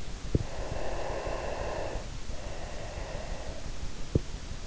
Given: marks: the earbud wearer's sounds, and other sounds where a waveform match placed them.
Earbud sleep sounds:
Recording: sounds in sleep by an in-ear microphone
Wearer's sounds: breath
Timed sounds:
0.55-4.06 s: breath

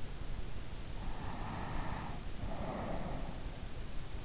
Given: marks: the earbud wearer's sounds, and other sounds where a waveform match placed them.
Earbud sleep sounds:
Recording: sounds in sleep by an in-ear microphone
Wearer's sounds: breath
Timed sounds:
0.76-3.79 s: breath

